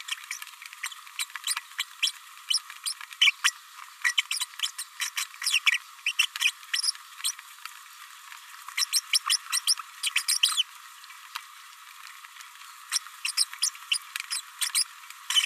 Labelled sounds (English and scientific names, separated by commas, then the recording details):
Green-rumped Parrotlet (Forpus passerinus) babbling
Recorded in a nest box in Venezuela
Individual 18B104A3